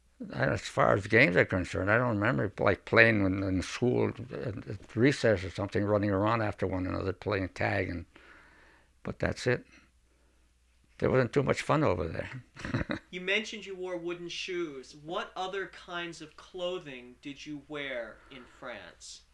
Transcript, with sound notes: As far as games are concerned, I don't remember like playing in the school in recess, or something, running around after one another, playing tag, but that's it. There wasn't too much fun over there. (he laughs)
You mentioned you wore wooden shoes. What other kinds of clothing did you wear in France?